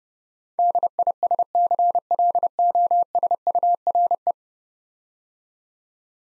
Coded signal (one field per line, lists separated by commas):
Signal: Morse code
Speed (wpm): 28 wpm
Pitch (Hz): 700 Hz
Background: none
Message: DISCLOSURE